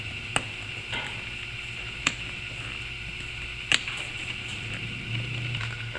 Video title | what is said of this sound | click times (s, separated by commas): SEAT RECOVER SERIES Replace Lower Front Seat Bun Covers Camaro Trans Am | it kind of pushed up and in the groove, and you'll hear it kind of lock into place. | 0.4 s, 2.1 s, 3.7 s